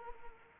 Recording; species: mosquito wingbeat signal from an infrared sensor; Anopheles arabiensis